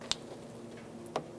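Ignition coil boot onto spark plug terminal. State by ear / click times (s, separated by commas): not seated / none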